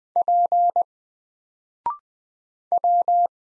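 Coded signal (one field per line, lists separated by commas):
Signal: Morse code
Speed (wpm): 20 wpm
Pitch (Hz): 700 Hz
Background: none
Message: P W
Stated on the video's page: Morse code drill of single letters at 20 wpm, each letter sent, then spoken after a 0.6 second pause, then sent again.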